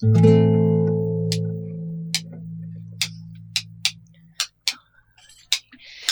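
Small plates (platitos), as used in Chilean cueca, clinked together as percussion: a series of about nine sharp, bright metallic clicks in an uneven rhythm, following a low sustained ringing tone that fades away.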